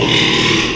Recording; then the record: squeal of a Yucatan mini pig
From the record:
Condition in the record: after surgery on the right vocal fold (resection and tissue-engineered implant); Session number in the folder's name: 1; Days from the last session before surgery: 6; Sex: male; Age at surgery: 12 weeks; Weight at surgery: 13 kg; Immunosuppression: cyclosporine, prednisolone